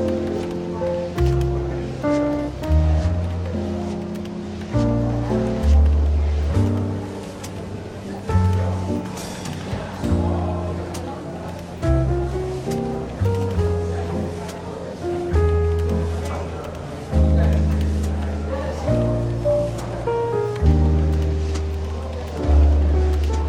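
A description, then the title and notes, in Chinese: Relaxed jazz plays steadily in a London bookshop café, with a walking bass line and soft chords under a constant murmur of voices. 伦敦书店咖啡馆轻微喧闹氛围与柔和轻松的爵士背景音乐。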